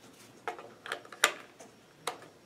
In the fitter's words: the battery down and then click into place to